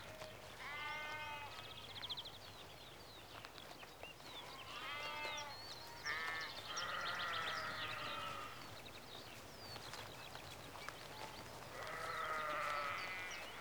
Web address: BBC Sound Effects Library BBC 52-Exterior Atmospheres-Rural Backg 10 Sheep Early Evening-Mid Close